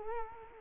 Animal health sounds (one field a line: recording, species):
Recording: mosquito wingbeat signal from an infrared sensor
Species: Culex quinquefasciatus